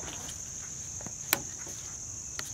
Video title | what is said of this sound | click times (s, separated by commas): How to test and replace a leak detection pump (LDP) on a Ram 1500 p0456 p0440 | that's locked back in now what we're going to do is that same test | 1.3 s